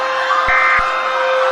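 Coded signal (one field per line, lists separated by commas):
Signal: Emergency Alert System (SAME) tones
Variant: end-of-message bursts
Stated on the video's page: Fictional EAS scenario about a hostage situation, simulated alert tones.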